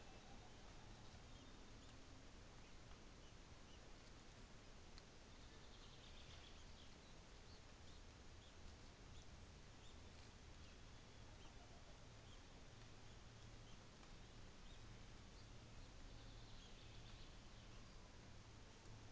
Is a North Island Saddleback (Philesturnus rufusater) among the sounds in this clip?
no